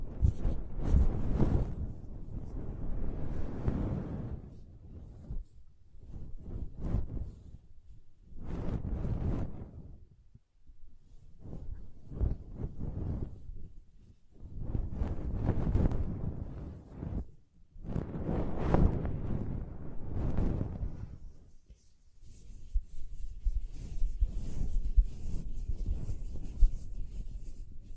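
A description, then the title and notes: Pom poms are rubbed and squished in soft, muffled swells, each lasting a second or two, with brief quiet gaps between them. About a dozen of these bursts occur, mostly low and fuzzy with a faint airy hiss. The final seconds become steadier, continuous brushing. ASMR Ultimate Pom Pom Tingles (No Talking).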